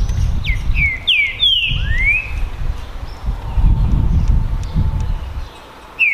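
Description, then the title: Green-winged saltator song: a run of quick descending whistled notes ending in a long rising slur, then a pause and one more note at the end. Green-winged saltator song contest between birds named Naval and Demolidor, 2022 season; singing and displaying as males in competition. "TRINCA Piando, Cantando E Macheando Na DISPUTA. ISSO SIM!! É UMA DISPUTA DE TRINCA FERRO PERFEITA!! NAVAL VS DEMOLIDOR 2022! TEMPORADA 2022!"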